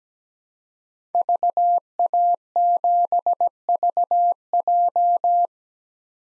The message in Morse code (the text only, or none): VA7VJ